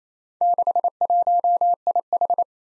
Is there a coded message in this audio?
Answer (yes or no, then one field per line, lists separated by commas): yes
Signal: Morse code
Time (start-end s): 0.4-2.4 s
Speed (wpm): 28 wpm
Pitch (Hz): 700 Hz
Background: none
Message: 61IH